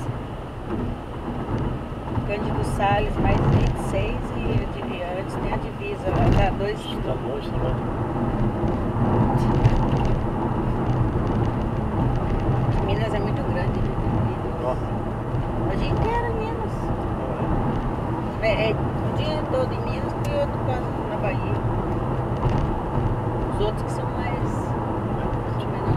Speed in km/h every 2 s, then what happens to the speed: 116, 117, 114, 108, 106, 105, 106, 109, 110, 108, 108, 108, 106.
0-9 slows to 105. 9-26 steady at about 108.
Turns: none.